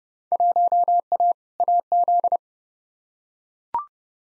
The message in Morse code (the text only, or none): 1A AZ